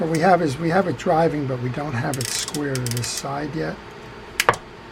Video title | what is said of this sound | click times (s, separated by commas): Penn Peer 109 fishing reel with faulty anti reverse how to service and repair this fishing reel | there we go you heard that click that's what we were looking for | 4.4 s, 4.5 s